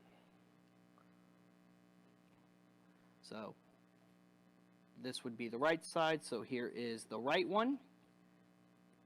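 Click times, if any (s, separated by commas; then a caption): none. The right arm of a plastic build-a-figure is handled near the torso socket while someone talks over a steady low hum, with a short burst of sound around 3.3 s. Nothing has seated or clicked into place yet.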